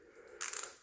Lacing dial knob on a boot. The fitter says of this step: Click it back in, right?